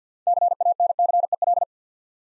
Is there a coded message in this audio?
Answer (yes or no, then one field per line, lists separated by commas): yes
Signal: Morse code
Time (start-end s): 0.3-1.6 s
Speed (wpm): 50 wpm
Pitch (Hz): 700 Hz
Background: none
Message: CANCEL